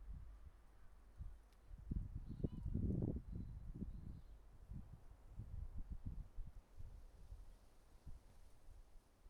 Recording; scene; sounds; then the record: everyday scene through a hearing-aid microphone; wind on the microphone; wind, traffic, birds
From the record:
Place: suburban garden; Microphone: behind the ear, right, rear